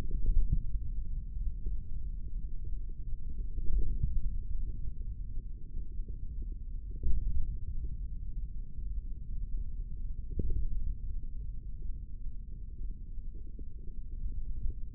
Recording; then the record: forearm muscle sounds (acoustic myography)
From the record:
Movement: index flexion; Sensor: system 3, bracelet of six PUI Audio POM-2738L microphones around the upper forearm, with dedicated amplification and filtering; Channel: 1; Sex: male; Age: 25 years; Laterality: right